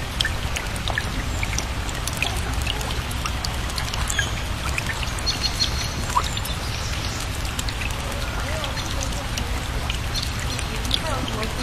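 Steady rain pours, a dense constant patter and a low rumble filling the whole twelve seconds. Birds chirp and call now and then above it, small bright tweets scattered throughout, with a few trickling drips mixed in.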